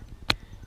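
The locking ring on a GoPro Karma Grip stabilizer camera mount is turned from the open padlock position to the closed one. It ends in a single sharp, bright click at 0.3 seconds over a faint low background. The ring is now locked and the grip is ready.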